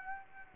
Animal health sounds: mosquito wingbeat signal from an infrared sensor; Aedes aegypti

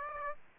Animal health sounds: mosquito wingbeat signal from an infrared sensor; Aedes aegypti

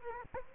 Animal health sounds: mosquito wingbeat signal from an infrared sensor; Aedes aegypti

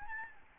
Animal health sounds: mosquito wingbeat signal from an infrared sensor; Aedes albopictus

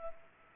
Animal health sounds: mosquito wingbeat signal from an infrared sensor; Culex pipiens

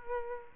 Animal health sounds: mosquito wingbeat signal from an infrared sensor; Aedes aegypti

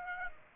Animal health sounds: mosquito wingbeat signal from an infrared sensor; Aedes aegypti

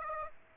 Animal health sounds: mosquito wingbeat signal from an infrared sensor; Aedes aegypti

